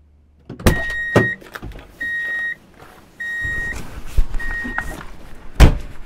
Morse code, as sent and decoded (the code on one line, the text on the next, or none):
none